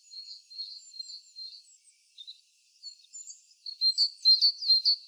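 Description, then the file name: Great tit calls: a string of thin high notes, a short lull, then louder and more rapid sharp calls repeated at a steady pace. "Parus major"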